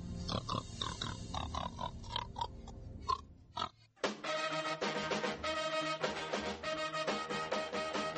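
A pig grunts and oinks in a rapid, uneven string of nasal snorts for about three seconds, then after a brief gap loud, steady music takes over.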